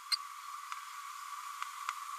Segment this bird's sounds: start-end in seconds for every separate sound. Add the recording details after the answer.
0.11-0.16. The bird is a female. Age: 31 days. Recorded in a nest box in Venezuela. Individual 17B102A5